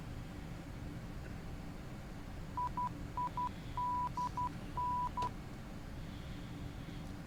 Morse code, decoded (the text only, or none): IIDN